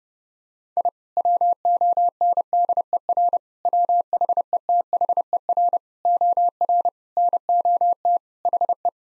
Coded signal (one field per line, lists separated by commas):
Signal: Morse code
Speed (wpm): 30 wpm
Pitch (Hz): 700 Hz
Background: none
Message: I WONDER WHETHER OR NOT HE